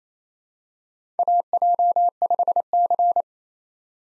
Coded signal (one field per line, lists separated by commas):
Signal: Morse code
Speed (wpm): 28 wpm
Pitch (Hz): 700 Hz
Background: none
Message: AJ5C